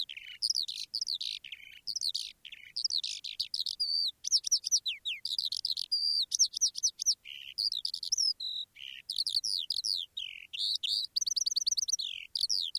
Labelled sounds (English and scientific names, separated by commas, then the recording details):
Eurasian Skylark (Alauda arvensis)
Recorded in the wild
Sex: male
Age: adult
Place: Erlangen, OT Schallershof, Bayern, DE
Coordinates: 49.5792, 10.9736
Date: 1962-05-13
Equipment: Stellavox SM 5, Vorverstärker, Original, Vollspur
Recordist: Tretzel, Erwin
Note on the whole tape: Männchen: Gesang (im Mittelteil Imitation Haubenlerche-Ruf)